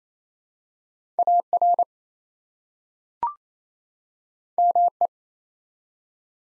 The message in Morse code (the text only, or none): AR ME